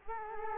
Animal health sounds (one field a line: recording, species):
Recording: mosquito wingbeat signal from an infrared sensor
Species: Culex quinquefasciatus